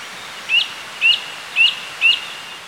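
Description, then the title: Song Thrush song: a sharp rising whistled note repeated four times at even half-second intervals, crisp and clear over faint background hiss. "Sylvain Jaskowiak - Mes piafs. Grive musicienne"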